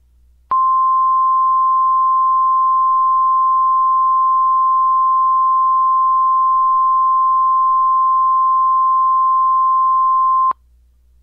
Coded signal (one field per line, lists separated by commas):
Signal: Emergency Alert System (SAME) tones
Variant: 1050 Hz attention tone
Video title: EAS Mock Clark County, ID Tornado Warning